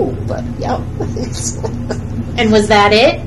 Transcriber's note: laughs